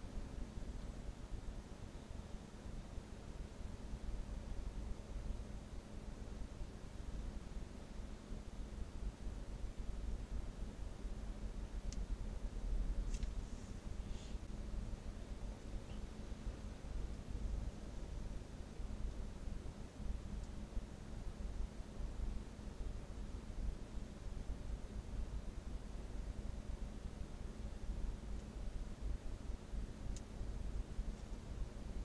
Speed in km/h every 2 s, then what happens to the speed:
0, 0, 0, 0, 0, 0, 0, 0, 0, 0, 0, 0, 0, 0, 0, 0.
0-32 standing.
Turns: none.